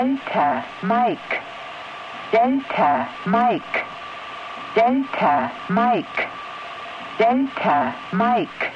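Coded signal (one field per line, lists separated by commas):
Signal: numbers station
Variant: G16, female voice, German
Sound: female voice repeating "delta mike" over and over through radio static and a faint tone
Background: radio static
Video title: G16 "2 Letter DM" Numbers Station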